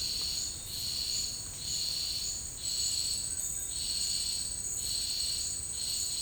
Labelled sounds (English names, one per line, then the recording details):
none
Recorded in dense forest near Puerto Asís, Putumayo, Colombia, on 21 March 2025 at 12:00
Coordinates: 0.485, -76.318
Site G056